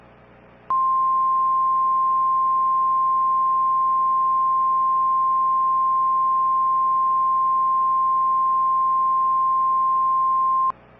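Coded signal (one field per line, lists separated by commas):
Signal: Emergency Alert System (SAME) tones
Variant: 1050 Hz attention tone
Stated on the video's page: Valid EAS tones in a fictional squall line scenario.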